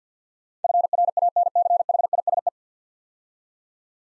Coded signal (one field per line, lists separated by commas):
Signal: Morse code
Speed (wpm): 47 wpm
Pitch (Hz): 700 Hz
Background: none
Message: FRANCHISE